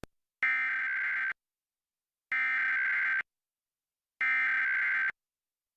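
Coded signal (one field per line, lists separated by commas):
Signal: Emergency Alert System (SAME) tones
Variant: header bursts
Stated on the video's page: National EAS Test as carried on a TV station's subchannel feeds.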